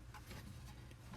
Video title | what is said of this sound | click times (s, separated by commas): Iron Grenadier Razorback & Wild Boar | the top see it clicks into place they'll stay spin | 0.1 s, 0.9 s